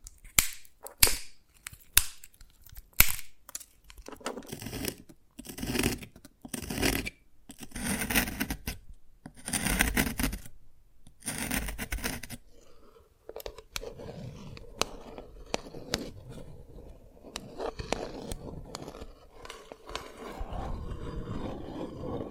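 Tapping and cracking on dalgona candy, with sharp, bright clicks clustered in the first few seconds, then denser bursts of crunchy scraping through about twelve seconds. After a brief pause, softer irregular taps and light scratching continue at a lower level to the end.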